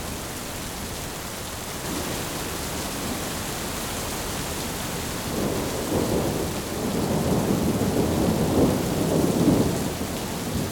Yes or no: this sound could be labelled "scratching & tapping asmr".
no